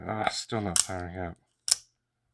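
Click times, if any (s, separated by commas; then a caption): 1.7 s. The internal slider and spring assembly of an out-the-front knife is worked inside the handle during reassembly while someone talks. A single sharp click at 1.7 s marks the part popping into place with the springs under tension, and the part is seated.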